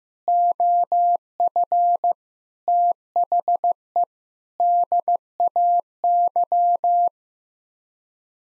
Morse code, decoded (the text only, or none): OF THE DAY